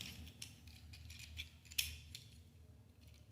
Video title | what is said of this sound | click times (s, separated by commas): Transformers Earthspark Deluxe Class Optimus Prime | and that just locks into place | 1.8 s